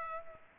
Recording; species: mosquito wingbeat signal from an infrared sensor; Culex pipiens